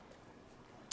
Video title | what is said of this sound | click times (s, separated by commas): Ring Pan & Tilt Indoor Cam Review: Is It Worth the Upgrade? | and snap it into place make sure you hear the click | 0.9 s